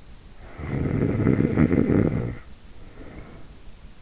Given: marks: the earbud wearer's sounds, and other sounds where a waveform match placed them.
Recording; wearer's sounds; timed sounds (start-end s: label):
sounds in sleep by an in-ear microphone; snoring breath
0.33-3.88 s: snoring breath